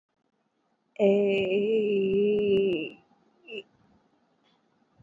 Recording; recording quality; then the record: sustained vowel as in made; excellent, no background noise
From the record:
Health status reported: COVID-19 positive, mild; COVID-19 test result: positive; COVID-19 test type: RT-PCR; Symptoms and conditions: cough, cold, breathing difficulty, sore throat, fever, fatigue, muscle pain, loss of smell and taste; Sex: female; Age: 20 years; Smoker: no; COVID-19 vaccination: both doses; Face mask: not worn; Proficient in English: yes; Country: India